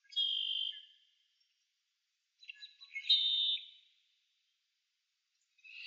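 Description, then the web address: Marsh birds calling: a drawn-out, slightly buzzy note, then after a quiet gap a harsher, broken burst of notes, with another call starting at the end. "Partners In Rhyme Marsh Birds"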